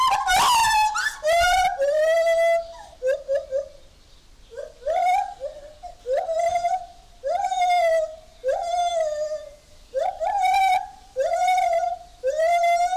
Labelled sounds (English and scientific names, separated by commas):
Lar Gibbon (Hylobates lar)